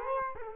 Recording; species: mosquito wingbeat signal from an infrared sensor; Culex quinquefasciatus